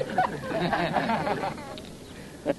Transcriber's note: laughter